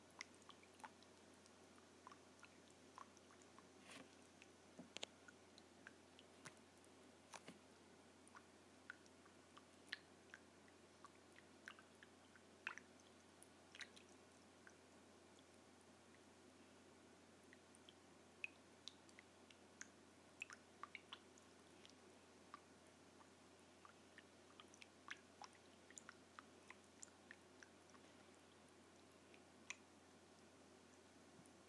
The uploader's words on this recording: ASMR Water Splashing.